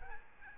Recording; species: mosquito wingbeat signal from an infrared sensor; Aedes albopictus